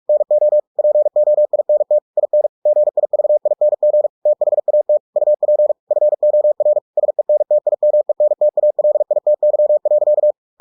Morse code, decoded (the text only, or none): NO POINT IN GIVING THAT UP FOR SENTIMENTALITY.